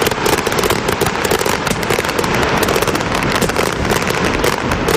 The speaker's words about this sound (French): Ils ont fait exploser tous les feux d'artifice en dedans d'une minute sans faire exprès. OK. Tout bien ça. C'est ici que les feux d'artifice ont commencé. Ils faisaient le décompte, 3, 2, 1. Et là, tu vois vraiment, là, tout éclate.